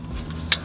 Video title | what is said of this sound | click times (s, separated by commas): BUILDING A WHOLE GARDEN ROOM FROM A BOX | that clicks into position so the Allen key is just there | 0.5 s